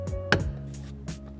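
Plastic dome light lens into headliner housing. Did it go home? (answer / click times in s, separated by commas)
yes / 0.3 s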